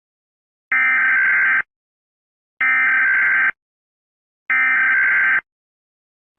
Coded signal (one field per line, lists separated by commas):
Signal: Emergency Alert System (SAME) tones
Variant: header bursts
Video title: NORTHERN AMERICAN EAS ALARMS (SPECIAL)